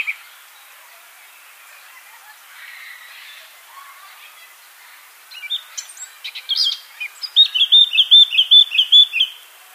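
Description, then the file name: Eurasian blackcap song: after a quiet start, a scratchy warble bursts out, then a run of clear repeated fluting notes closes the phrase. "Sylvia atricapilla"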